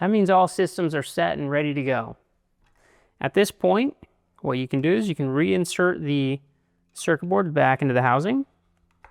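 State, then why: Not seated. Someone talks while handling the circuit board of a fire suppression unit, getting ready to push it back into its plastic housing. Two faint, brief ticks come right at the end, near 8.9 s and 9.0 s. The board has not seated or clicked into the housing yet.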